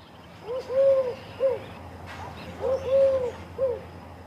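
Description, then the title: Eurasian collared dove cooing a soft three-part phrase, short, long, then short, given twice. Coos in parks. "Viikon luontoääni: Turkinkyyhky"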